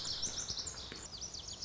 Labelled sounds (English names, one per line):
Lazuli Bunting